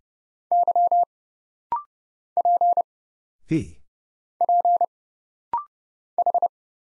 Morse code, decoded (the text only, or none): Y P P H